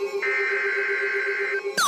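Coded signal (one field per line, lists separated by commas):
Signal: Emergency Alert System (SAME) tones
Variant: header bursts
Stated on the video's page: Real EAS alerts received on a RadioShack 12-991 weather radio.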